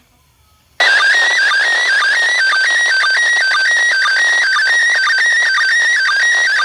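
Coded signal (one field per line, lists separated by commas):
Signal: SSTV (slow-scan television)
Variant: PD 120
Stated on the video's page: SSTV from the International Space Station received on a handheld radio with a 10-section telescopic antenna.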